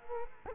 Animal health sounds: mosquito wingbeat signal from an infrared sensor; Culex quinquefasciatus

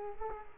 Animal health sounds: mosquito wingbeat signal from an infrared sensor; Culex quinquefasciatus

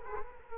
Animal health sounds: mosquito wingbeat signal from an infrared sensor; Culex quinquefasciatus

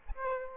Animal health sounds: mosquito wingbeat signal from an infrared sensor; Aedes aegypti

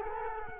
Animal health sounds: mosquito wingbeat signal from an infrared sensor; Culex quinquefasciatus

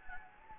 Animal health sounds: mosquito wingbeat signal from an infrared sensor; Anopheles gambiae

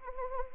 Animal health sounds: mosquito wingbeat signal from an infrared sensor; Anopheles arabiensis

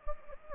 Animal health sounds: mosquito wingbeat signal from an infrared sensor; Anopheles gambiae

